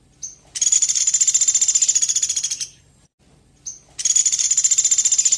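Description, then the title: Velvet-fronted nuthatch giving fast, high-pitched pulsed trills, each opened by a brief clipped note; a long trill fades out and a second one begins after a short pause. Actively vocal (gacor) bird, used to train caged birds to sing. "Pelatuk Beras Gacor Buat Masteran"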